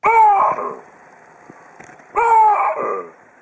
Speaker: pas tout, ce ne sont pas des plantes hein, qui poussent ces cris, mais des babouins. Et si vous tendez bien l'oreille, vous entendez qu'ils enchaînent deux voyelles.